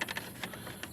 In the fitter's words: so that's locked in